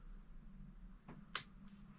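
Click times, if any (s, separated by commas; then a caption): 1.4 s. A single-use plastic finger-prick lancet for a blood test is pressed against the side of the fingertip and pushed until its spring mechanism fires, giving one sharp, bright click at 1.4 s over a low steady hum, with a softer rustle just before it. The lancet fires successfully, as the first drop of blood is then wiped off.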